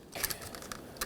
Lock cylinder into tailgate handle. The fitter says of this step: There we go. That's locked in.